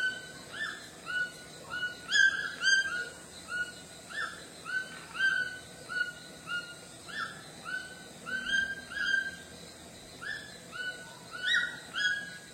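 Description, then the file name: White-throated toucan song, a long run of loud nasal yelps at a brisk, uneven pace, over steady background hiss. "canto do tucano grande de papo branco"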